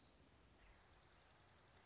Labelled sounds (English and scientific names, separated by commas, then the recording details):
Dark-eyed Junco (Junco hyemalis)
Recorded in Sonoma County, California